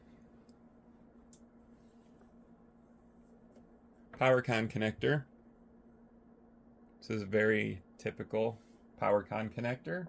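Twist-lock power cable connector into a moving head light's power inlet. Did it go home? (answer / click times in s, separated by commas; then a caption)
no / none. A twist-lock power cable connector is picked up and brought to the power inlet of a SHEHDS 36×18W Zoom Wash moving head light, with only faint handling sounds at about 0.5 s and 1.3 s while someone talks. The connector has not yet been twisted home, and nothing has seated or clicked yet.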